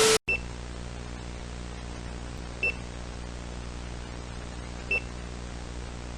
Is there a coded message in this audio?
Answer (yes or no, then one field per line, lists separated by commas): no